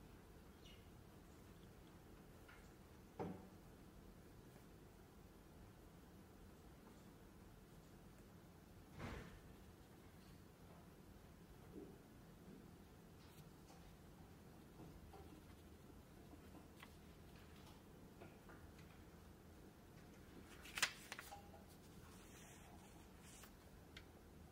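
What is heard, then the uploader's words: A quiet library hum holds steady, broken by a few soft knocks and thumps near 3, 9 and 21 seconds, plus faint distant-free murmurs. Glasgow library. (university of glasgow).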